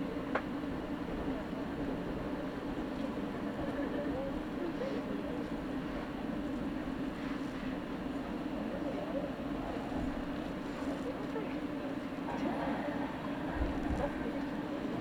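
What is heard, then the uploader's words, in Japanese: Inside a local stopping train on a Japanese line, a steady low rumble of the carriage fills the whole fifteen seconds at an even level. Faint voices murmur beneath it, and a few soft clicks and knocks from the running gear break through now and then. 飯田線 各駅停車 豊橋→豊川。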